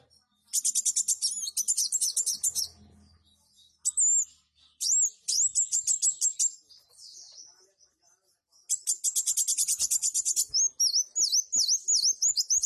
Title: Kolibri Wulung